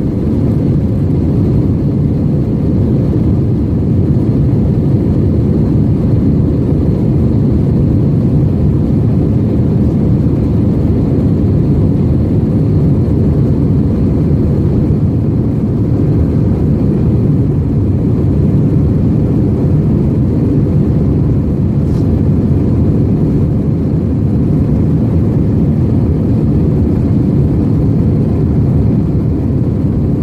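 A plane flying, heard as a steady, dense low roar that holds at the same level for the whole stretch. Faint thin high whines sit above the drone, and a single short tick cuts through around the twenty-two second mark.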